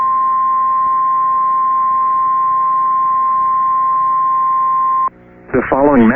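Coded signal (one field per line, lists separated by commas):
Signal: Emergency Alert System (SAME) tones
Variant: 1050 Hz attention tone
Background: speech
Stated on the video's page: Evacuation Immediate EAS alert for a brush fire, issued by civil authorities and the weather service, relayed by an FM station, recorded from its online live stream.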